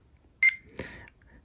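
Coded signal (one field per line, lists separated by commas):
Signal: beep code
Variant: talking watch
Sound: one short high beep followed by a faint click or rustle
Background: small room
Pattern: 1 short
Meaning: A single beep means the alarm is off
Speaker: it just beeps and that means alarm is off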